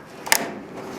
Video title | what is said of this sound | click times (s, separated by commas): How to Replace an ECM Fireplace Controller | all right now you'll hear a little click when those snap into place | 0.3 s